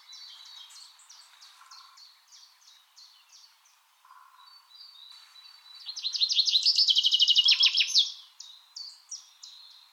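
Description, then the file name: Common chaffinch song: a quiet run of repeated short descending notes, then a loud rattling trill from about six to eight seconds, followed by a few softer notes, with brief low buzzy notes underneath. "Fringilla coelebs"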